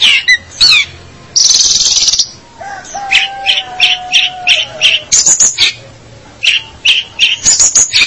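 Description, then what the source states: Long-tailed shrike singing a varied medley: quick chirps, a long hissing burst, a low drawn-out whistle, then rapid squeaky phrases. Indonesian local name pentet; labelled 201703.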